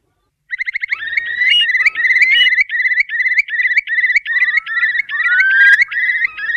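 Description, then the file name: Curlew launches into a fast bubbling trill of repeated rolling notes, with long rising whistles overlapping it near the end. "CHIURLI"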